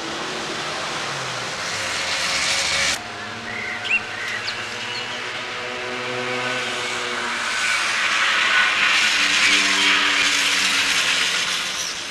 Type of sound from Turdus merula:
song